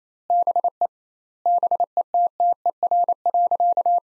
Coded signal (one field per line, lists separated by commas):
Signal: Morse code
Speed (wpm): 28 wpm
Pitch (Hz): 700 Hz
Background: none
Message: BE BETTER.